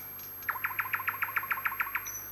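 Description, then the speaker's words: Common nightingale song phrase: about eleven identical clipped notes repeated rapidly and evenly, with a faint high whistle at the end. The song is made of separate musical phrases (kolena), which build up into strophes. "В пении соловья легко различить отдельные музыкальные фразы колена."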